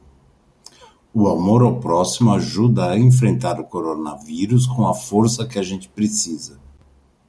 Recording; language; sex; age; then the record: spoken sentence; Brazilian Portuguese; male; 50 to 59 years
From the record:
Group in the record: control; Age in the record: 55 years